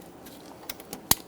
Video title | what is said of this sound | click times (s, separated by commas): How to Replace Radiator 2010-2014 Subaru Outback | push until you hear a click if you don't give it a pull make sure it's locked on | 1.1 s